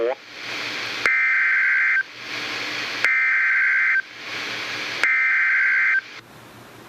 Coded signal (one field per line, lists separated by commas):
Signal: Emergency Alert System (SAME) tones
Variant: header bursts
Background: speech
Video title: Severe Thunderstorm Warning #2 - 09/17/15 (EAS #1,000)